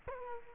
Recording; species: mosquito wingbeat signal from an infrared sensor; Culex quinquefasciatus